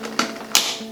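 A second DDR5 memory stick is pressed into a motherboard DIMM slot until the retention latch clicks. A sharp tap comes at 0.2 s, then a brighter, louder click at 0.6 s over a steady low hum. The stick is seated.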